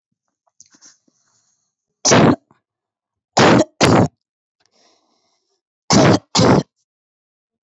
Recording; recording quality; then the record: heavy voluntary cough; excellent, no background noise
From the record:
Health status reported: exposed to COVID-19, no respiratory illness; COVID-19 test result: negative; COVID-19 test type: RT-PCR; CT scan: not taken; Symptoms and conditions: none ticked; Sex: female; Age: 23 years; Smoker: no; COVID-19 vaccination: both doses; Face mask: not worn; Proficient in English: yes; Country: India